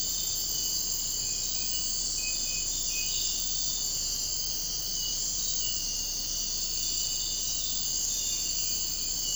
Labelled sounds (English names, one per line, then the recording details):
none
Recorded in secondary vegetation near Puerto Asís, Putumayo, Colombia, on 13 March 2025 at 03:30
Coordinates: 0.502, -76.326
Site G100